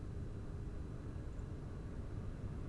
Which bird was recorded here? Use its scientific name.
Turdus philomelos